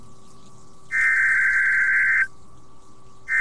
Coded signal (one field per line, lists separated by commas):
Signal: Emergency Alert System (SAME) tones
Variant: header bursts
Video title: NOAA Weather Radio Weekly Wednesday Test #51 (5-6-2020)